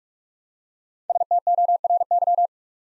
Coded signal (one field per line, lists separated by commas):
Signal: Morse code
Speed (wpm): 44 wpm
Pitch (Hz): 700 Hz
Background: none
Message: STORY